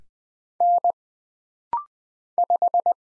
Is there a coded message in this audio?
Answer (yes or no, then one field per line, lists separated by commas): yes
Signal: Morse code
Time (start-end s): 0.6-2.9 s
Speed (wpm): 20 wpm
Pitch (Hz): 700 Hz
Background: none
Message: N 5